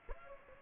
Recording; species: mosquito wingbeat signal from an infrared sensor; Aedes aegypti